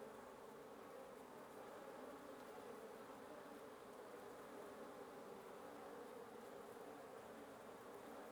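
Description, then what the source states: Wasp nest humming with an unbroken, level buzz of many wings. Wasp nest under the roof of a residence at 1a Avenida Nte 19, Antigua Guatemala, Guatemala; recorded in the morning.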